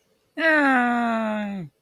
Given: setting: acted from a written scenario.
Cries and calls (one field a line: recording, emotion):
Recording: vocal sound without words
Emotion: disappointment